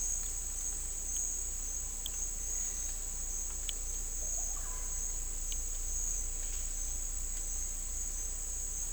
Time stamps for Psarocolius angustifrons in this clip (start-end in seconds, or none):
4.16-4.78